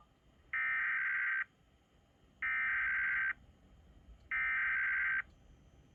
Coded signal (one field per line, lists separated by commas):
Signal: Emergency Alert System (SAME) tones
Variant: header bursts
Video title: Arizona LEW (EAS# 170)